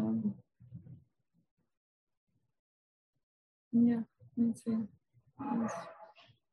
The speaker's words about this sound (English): And while you were talking, we were meeting your dog, because I was hearing him breathe and yes, she's barking. She barks at the neighbors.